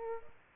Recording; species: mosquito wingbeat signal from an infrared sensor; Aedes aegypti